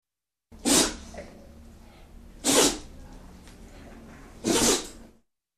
Dog sneezing at vet.